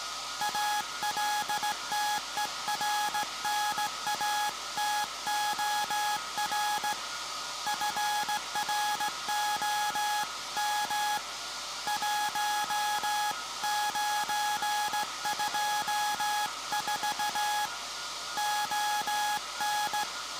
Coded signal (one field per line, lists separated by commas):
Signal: Morse code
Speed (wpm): 16 wpm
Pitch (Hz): 840 Hz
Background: none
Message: ALTERNATOR FROM 1924 ON